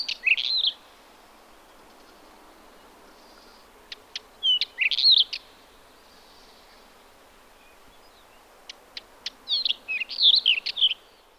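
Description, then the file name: Black wheatear singing, short bursts of scratchy warbled notes mixed with sharp clicks, phrases every few seconds separated by quiet gaps. "Oenanthe leucura"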